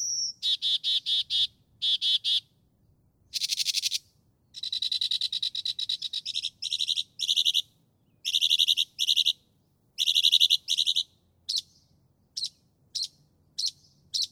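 Northern mockingbird singing harsh, buzzy rattling phrases repeated in bursts, some longer and grating, closing with short spaced notes.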